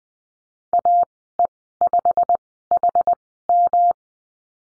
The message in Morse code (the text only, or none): AE5HM